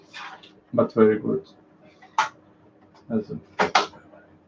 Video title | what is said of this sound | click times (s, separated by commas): POI4Build | hear that click and now | 3.8 s